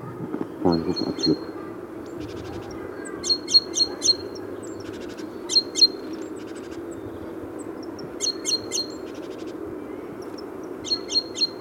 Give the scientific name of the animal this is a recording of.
Parus major